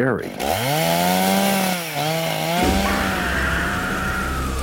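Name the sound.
chainsaw running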